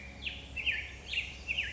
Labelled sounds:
Black-headed Grosbeak (Pheucticus melanocephalus)
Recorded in Sonoma County, California

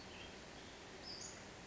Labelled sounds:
Western Flycatcher (Empidonax difficilis)
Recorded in Sonoma County, California

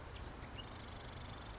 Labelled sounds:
Marsh Wren (Cistothorus palustris)
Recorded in Sonoma County, California

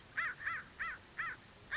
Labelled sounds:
American Crow (Corvus brachyrhynchos)
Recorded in Sonoma County, California

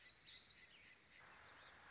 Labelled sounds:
Warbling Vireo (Vireo gilvus)
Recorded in Sonoma County, California

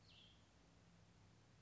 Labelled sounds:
Cassin's Vireo (Vireo cassinii)
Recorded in Sonoma County, California

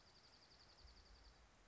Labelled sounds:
Dark-eyed Junco (Junco hyemalis)
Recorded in Sonoma County, California

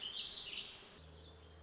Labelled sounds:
Warbling Vireo (Vireo gilvus)
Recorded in Sonoma County, California

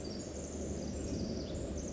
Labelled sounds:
Pacific Wren (Troglodytes pacificus)
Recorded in Sonoma County, California

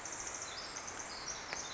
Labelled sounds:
Pacific Wren (Troglodytes pacificus)
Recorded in Sonoma County, California

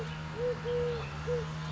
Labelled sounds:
Eurasian Collared Dove (Streptopelia decaocto)
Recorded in Sonoma County, California

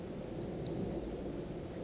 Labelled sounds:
Pacific Wren (Troglodytes pacificus)
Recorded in Sonoma County, California

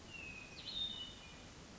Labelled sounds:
Hermit Thrush (Catharus guttatus)
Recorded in Sonoma County, California

